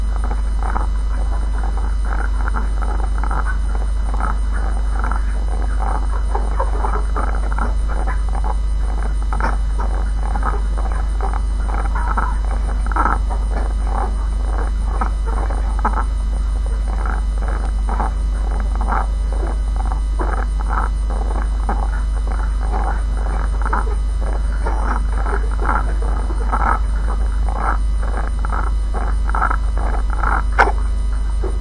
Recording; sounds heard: poultry house recording; sick chickens (respiratory disease)